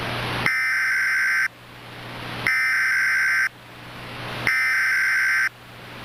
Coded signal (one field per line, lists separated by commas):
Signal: Emergency Alert System (SAME) tones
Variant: header bursts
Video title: EAS Mock: Inmate Escape! 07/04/2009